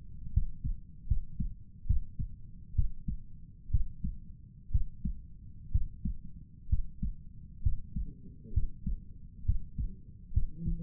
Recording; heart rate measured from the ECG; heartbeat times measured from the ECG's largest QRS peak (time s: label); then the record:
heart sounds by stethoscope; 66 bpm
0.33 s: heartbeat
1.07 s: heartbeat
1.86 s: heartbeat
2.75 s: heartbeat
3.71 s: heartbeat
4.71 s: heartbeat
5.71 s: heartbeat
6.69 s: heartbeat
7.62 s: heartbeat
8.53 s: heartbeat
9.45 s: heartbeat
10.33 s: heartbeat
From the record:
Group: healthy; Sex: male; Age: 35 years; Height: 178 cm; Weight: 64 kg